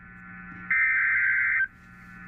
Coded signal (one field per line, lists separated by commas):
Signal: Emergency Alert System (SAME) tones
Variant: header bursts